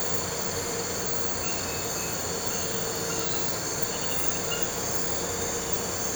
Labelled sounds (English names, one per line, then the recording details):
none
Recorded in pastures near Puerto Asís, Putumayo, Colombia, on 4 March 2025 at 02:00
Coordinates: 0.466, -76.322
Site CSA-02